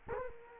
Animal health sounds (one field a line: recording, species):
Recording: mosquito wingbeat signal from an infrared sensor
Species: Culex quinquefasciatus